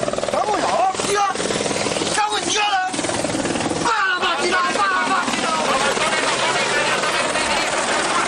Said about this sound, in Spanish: El sonido del helicóptero, anteriormente se ha escuchado el sonido de los aviones mientras ese objeto esférico se encontraba muy pocos metros delante de esos marineros.